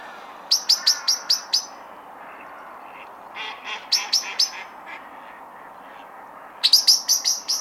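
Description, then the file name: Common blackbird making short bursts of sharp, high clicking calls, five or six notes each, separated by quiet gaps with a few softer, lower notes. "Turdus merula"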